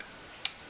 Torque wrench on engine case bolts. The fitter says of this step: know if you can hear that that's that wrench clicking